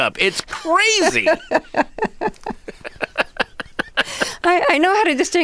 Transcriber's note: laughter